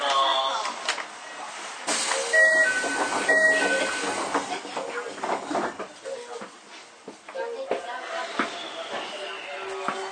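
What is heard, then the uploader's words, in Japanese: On a Toei 5300 series train between Oshiage and Gotanda, a voice speaks through most of the ten seconds over a low, steady rumble. Two short high tones sound near 2.5 and 3.5 seconds, and sharp clicks punctuate the later part. 都営5300形 押上ー五反田。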